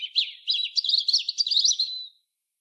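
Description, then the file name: European robin singing one continuous two-second phrase of high, liquid notes and rapid twittering trills, fading out cleanly into silence. "Erithacus rubecula"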